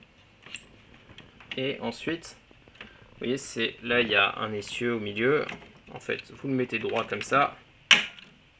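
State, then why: Seated. Someone talks while handling the Turbo Builder transforming toy robot base, setting a plastic arm piece straight and pushing it in. A sharp, small click is heard at 7.9 seconds as the arm piece locks into place.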